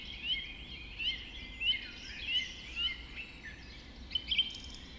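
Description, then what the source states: Birds singing in a dawn chorus, bright high whistled phrases repeated at short intervals, with sharper chips near the end over a low background hum. Dawn chorus recorded just after dawn in the Forest of Dean.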